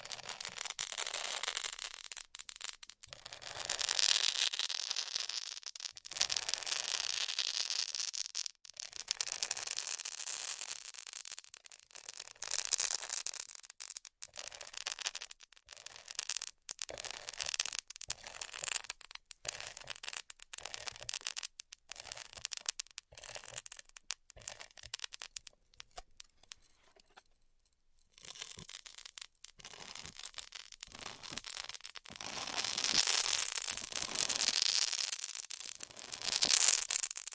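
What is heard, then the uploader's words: Styrofoam being heat-cut hisses and crackles brightly, broken by frequent short gaps and sharp pops, with louder stretches near the start and end. ASMR Styrofoam Heat Cutting (No Talking).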